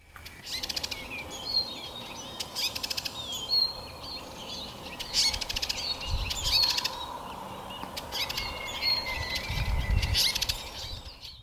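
House sparrow chirping: bursts of short, bright chirps recur throughout over a steady low rumble.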